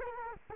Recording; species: mosquito wingbeat signal from an infrared sensor; Culex quinquefasciatus